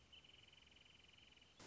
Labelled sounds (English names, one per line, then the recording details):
Wrentit
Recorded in Sonoma County, California